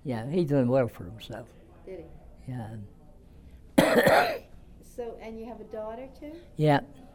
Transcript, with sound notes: Yeah, and he done well for himself.
Did he?
Yeah. (He coughs)
So, and you have a daughter, too?
Yeah.